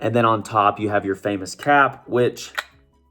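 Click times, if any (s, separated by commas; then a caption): none. Someone talks while handling the light, partly magnetic cap of an Azzaro Forever Wanted Elixir perfume bottle, about to put it back on top. Only speech is heard, fading out near the end. The cap has not snapped onto the bottle yet; nothing has seated or clicked.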